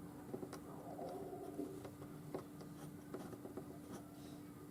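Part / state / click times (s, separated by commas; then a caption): crossover ring band pieces being aligned / not seated / none. Pieces of a crossover ring band are fiddled with by hand to bring them into alignment, a job that is a little bit fiddly. Only faint handling taps are heard over a steady low hum, and nothing has snapped or clicked into place yet.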